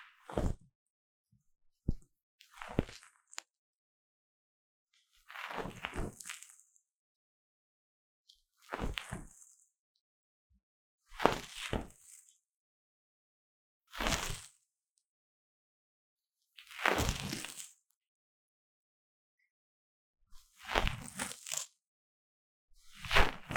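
Deep ear cleaning, heard as separate crunchy, crackling scrapes that come about every two to three seconds, each lasting roughly a second. The bursts are bright and gritty with a dull thump underneath. Between them there is near silence.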